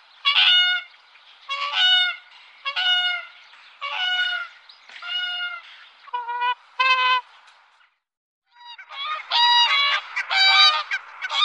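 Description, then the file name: Whooper swan trumpeting calls, repeated about once a second, then a brief pause, then faster calling. "Sangsvan"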